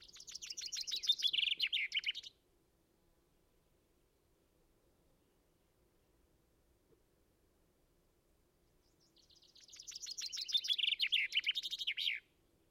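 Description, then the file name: Common chaffinch song: two bright, rapid descending trills of a few seconds each, separated by roughly seven seconds of near silence. "Fringilla coelebs"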